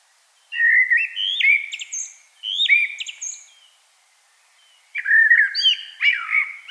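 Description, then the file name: Common blackbird singing mellow fluted phrases, the first two ending in a squeaky high twitter; three phrases separated by pauses. "Turdus merula"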